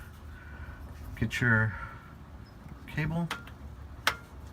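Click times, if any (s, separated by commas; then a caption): 4.1 s. Someone talks while a vehicle's shift cable end is pushed home into its mount on a bracket or arm. A sharp click sounds at 4.1 s as the cable end snaps in and is seated.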